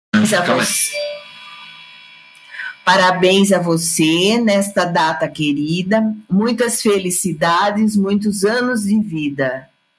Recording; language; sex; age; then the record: short text; Brazilian Portuguese; male; 40 to 49 years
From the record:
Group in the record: control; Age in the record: 41 years